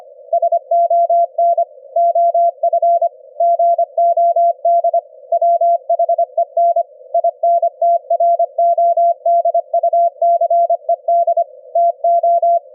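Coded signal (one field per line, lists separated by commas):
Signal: Morse code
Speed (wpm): 25 wpm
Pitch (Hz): 680 Hz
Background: none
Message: SON OF GOD WHEN INTRODUCED TO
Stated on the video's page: CW sent by a keyer directly at 25 Hz in the ELF band at 25 wpm, received and demodulated with an SDR application.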